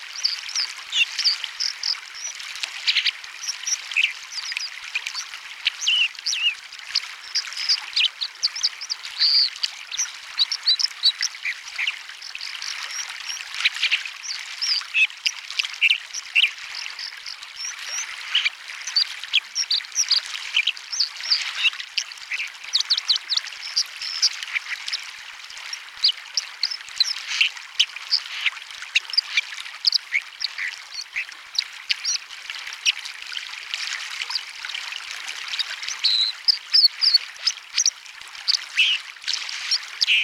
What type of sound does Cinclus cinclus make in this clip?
song